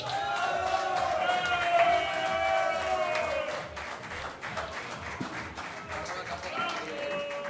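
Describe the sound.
An audience applauds with dense, steady clapping for several seconds, mixed with crowd voices and a few high whoops early on, and the clapping eases slightly toward the end.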